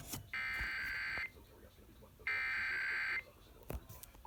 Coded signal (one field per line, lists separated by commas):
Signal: Emergency Alert System (SAME) tones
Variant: header bursts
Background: speech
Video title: EAS Pennsylvania Required Monthly test FM/AM radio #14